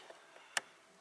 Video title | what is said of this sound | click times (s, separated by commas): BMW 650i E64 Clutch Switch Replaced. No Air Bag Removal, Not So Hard & No Need To Bypass. | click again. And is that all there is? | 0.6 s